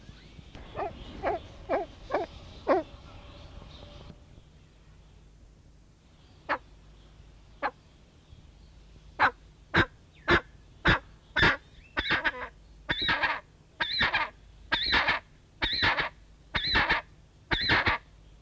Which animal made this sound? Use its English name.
Brown Eared Pheasant